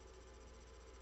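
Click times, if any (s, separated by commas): none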